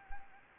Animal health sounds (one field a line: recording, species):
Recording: mosquito wingbeat signal from an infrared sensor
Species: Anopheles gambiae